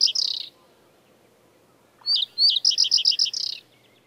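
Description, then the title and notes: Common Reed Bunting: the end of one song phrase, then after a pause a full phrase of several rapid high notes. "Pajusirkku. Viikon luontoäänen"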